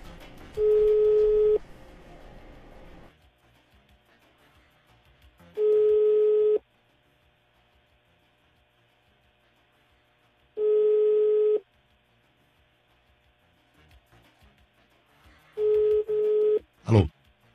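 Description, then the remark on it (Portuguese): A phone line's ringback tone sounds four times, each a steady, mid-pitched buzzing burst about a second long, spaced roughly five seconds apart. A sharp click ends the last ring. “Vai ver o telefone, acho que não vai entender, não.”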